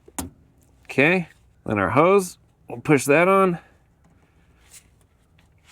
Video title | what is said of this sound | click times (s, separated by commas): 2004-2009 Nissan Altima Vent Valve Replacement Vent Solenoid How To DIY | till it snaps | 0.2 s